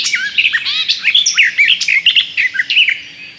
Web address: Przyroda Ptaki Gajówka